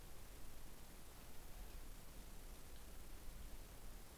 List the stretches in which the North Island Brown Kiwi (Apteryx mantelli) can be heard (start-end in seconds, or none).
none